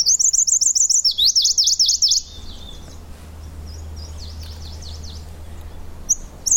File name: warbler-claudias-leaf -Phylloscopus-claudiae